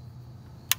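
A breather hose quick-connector on the engine oil separator of a Porsche Cayenne Turbo is pushed up and down together to release it and pull it off. A single sharp click sounds at 0.7 s over a low, steady hum, and the connector is released.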